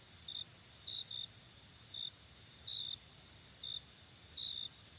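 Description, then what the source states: Cricket giving short high chirps at uneven intervals, now and then in quick pairs, with a continuous high-pitched insect drone underneath. Night ambience.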